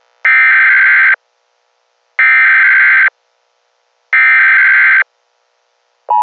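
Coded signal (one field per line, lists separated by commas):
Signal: Emergency Alert System (SAME) tones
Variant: header bursts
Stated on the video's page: Fictional EAS scenario about a zombie apocalypse, not a real alert.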